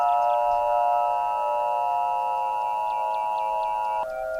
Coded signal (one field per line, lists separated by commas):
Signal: Emergency Alert System (SAME) tones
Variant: 853 and 960 Hz attention tone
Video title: EAS Scenario: Blood Night Remastered